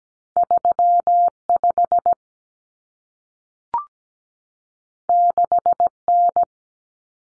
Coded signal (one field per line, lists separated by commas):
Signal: Morse code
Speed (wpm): 17 wpm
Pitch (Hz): 700 Hz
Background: none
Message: 35 6N